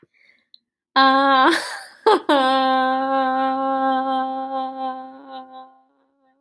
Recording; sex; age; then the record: vowel held as long as possible; female; 20 to 29 years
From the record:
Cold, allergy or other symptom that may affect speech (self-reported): no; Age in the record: 22 years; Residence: Massachusetts, United States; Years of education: 16